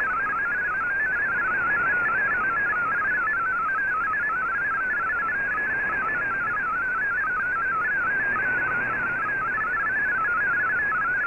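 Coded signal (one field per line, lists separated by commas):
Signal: multi-tone FSK (Olivia or MFSK type)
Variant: MFSK32 or MFSK64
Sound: rapid warbling single tone stepping between pitches, steady over shortwave hiss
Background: radio static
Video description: Here is my decode of the Shortwave Radiogram broadcast today on 15770Khz shortwave radio at 1300UTC in MFSK32 and 64 and with 10 SSTV images.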